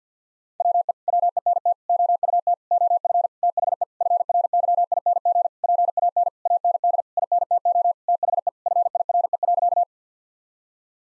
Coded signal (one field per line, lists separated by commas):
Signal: Morse code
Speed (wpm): 48 wpm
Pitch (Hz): 700 Hz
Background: none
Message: WE WENT OUT OF THE FRYING PAN AND INTO THE FIRE.